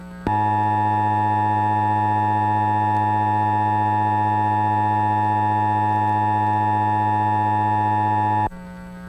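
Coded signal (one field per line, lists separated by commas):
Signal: Emergency Alert System (SAME) tones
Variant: 853 and 960 Hz attention tone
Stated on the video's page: Mock required monthly test with tones encoded later, carrying a wrong start date and an 8-digit hidden easter egg in the encoded data.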